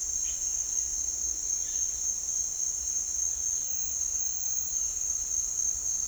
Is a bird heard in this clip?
no